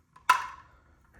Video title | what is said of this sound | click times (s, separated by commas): VIKHR INSTALL | And the front snaps into place right here with a finger. | 0.3 s